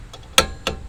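A click-type torque wrench tightens a wheel lug nut on a 2013 Kia Soul fitted with 1-inch wheel spacers. A faint tick at 0.1 s is followed by a loud, sharp click at 0.4 s and a second crisp click at 0.7 s. The click at 0.4 s confirms the wrench has reached its torque setting.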